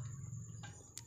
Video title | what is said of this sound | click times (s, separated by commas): install LPG TANK Reyna GAS LOW PRESSURE REGULATOR | naman idiin mo lang pag nailapat na tsaka mo na ibaba ang lock pag ganyan naka-lock | 1.0 s